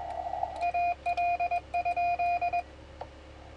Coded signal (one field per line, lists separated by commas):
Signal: Morse code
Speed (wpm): 21 wpm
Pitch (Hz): 2450 Hz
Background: none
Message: AL?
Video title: QSO with JH1LGZ RC4HA UX2MF UA3MP R3WAL 10m 28/10/2015